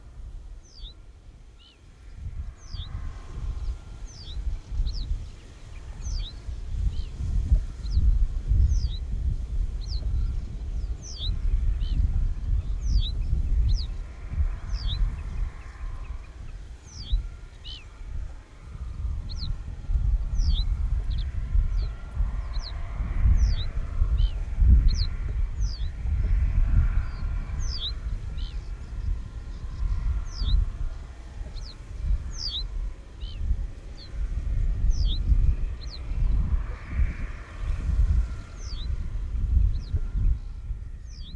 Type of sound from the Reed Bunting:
song